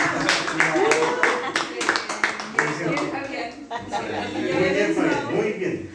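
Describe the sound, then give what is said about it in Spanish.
A class of students claps for two classmates who handed in their work, in a quick, uneven burst of sharp claps that thins out after a few seconds, with voices chattering and laughing over and after it. “Pues, entonces yo creo efectivamente que si tengo dos alumnos que hicieron su esfuerzo, estando en iguales condiciones que los demás, se merecen algún reconocimiento. Un punto. ¿O no? Un aplauso.”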